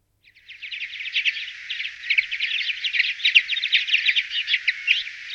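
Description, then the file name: Twite twittering: a fast, unbroken stream of chattering high notes that starts softly, then holds steady to the end. "konopka-žlutozobá"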